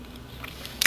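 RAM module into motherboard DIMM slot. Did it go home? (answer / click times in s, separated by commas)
yes / 0.9 s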